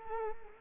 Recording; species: mosquito wingbeat signal from an infrared sensor; Culex quinquefasciatus